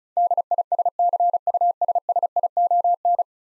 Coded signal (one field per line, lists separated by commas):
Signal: Morse code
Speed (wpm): 36 wpm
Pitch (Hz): 700 Hz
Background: none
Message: DISCUSSION